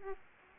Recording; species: mosquito wingbeat signal from an infrared sensor; Aedes aegypti